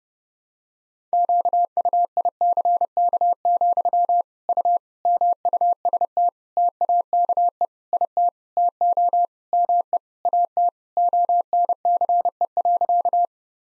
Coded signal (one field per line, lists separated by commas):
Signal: Morse code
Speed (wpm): 30 wpm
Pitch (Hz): 700 Hz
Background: none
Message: QUICK, U MUST TAKE IT TO ME AT ONCE.